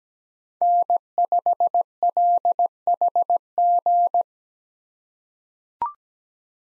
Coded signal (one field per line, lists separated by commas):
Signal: Morse code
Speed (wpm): 17 wpm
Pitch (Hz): 700 Hz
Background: none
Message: N5LHG